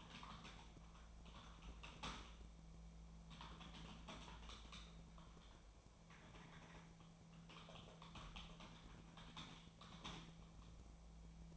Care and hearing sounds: daily activity, microphone in the room; typing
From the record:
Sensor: 1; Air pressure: 1000.2 hPa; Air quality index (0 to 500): 141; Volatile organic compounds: 3 ppm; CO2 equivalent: 1329 ppm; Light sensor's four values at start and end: 31/77/32/39 and 31/77/32/39

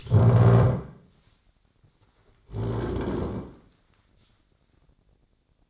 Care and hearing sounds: daily activity, microphone in the room; stand up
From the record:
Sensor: 3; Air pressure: 1009.3 hPa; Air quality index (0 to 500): 183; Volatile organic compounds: 3 ppm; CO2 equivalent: 1479 ppm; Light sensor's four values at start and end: 53/136/60/61 and 32/79/35/39

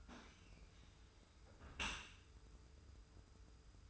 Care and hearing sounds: daily activity, microphone in the room; close dishwasher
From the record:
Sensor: 2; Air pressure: 991.2 hPa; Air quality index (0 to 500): 143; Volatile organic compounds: 294 ppm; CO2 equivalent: 4469 ppm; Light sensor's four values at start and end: 41/116/46/44 and 41/116/46/44

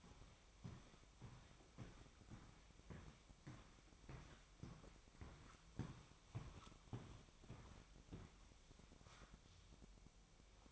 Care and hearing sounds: daily activity, microphone in the room; walk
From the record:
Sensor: 1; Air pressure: 1001.7 hPa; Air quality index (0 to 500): 221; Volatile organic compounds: 30 ppm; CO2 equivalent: 2956 ppm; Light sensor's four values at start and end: 9/32/11/13 and 9/33/12/13

